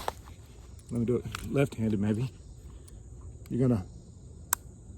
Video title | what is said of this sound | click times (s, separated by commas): Firestar Plus Model 243 | And it's solid. That's a solid little click. | 4.5 s